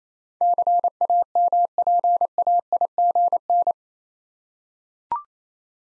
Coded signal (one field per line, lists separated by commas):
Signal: Morse code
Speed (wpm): 29 wpm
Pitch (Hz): 700 Hz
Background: none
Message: CAMPAIGN